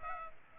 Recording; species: mosquito wingbeat signal from an infrared sensor; Culex pipiens